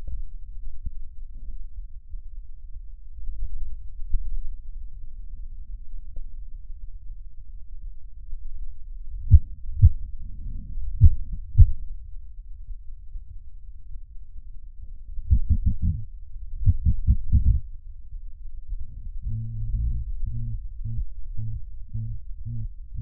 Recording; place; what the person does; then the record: lung sounds by stethoscope; left posterior basal chest; quiet breathing, then cough and speech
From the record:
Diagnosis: none (healthy); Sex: male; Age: 23 years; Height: 185 cm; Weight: 93 kg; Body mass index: 27.2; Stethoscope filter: bell mode